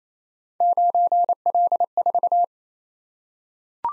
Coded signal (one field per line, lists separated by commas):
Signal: Morse code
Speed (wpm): 28 wpm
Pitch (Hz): 700 Hz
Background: none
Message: 9L4